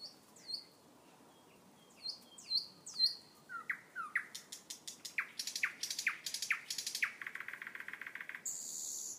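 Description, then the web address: Common nightingale song: whistled downslurred notes, then rising notes and fast buzzy trills of repeated clicks, ending in a brief high rattle. Recorded at Star City. "rossignol chant de rossignol a star city"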